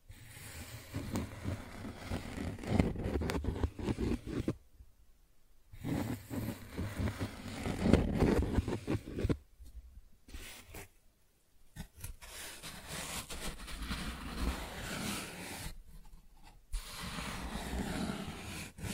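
Cardboard being scratched and rubbed in rough, uneven strokes, with brief silent pauses near five, ten, and sixteen seconds.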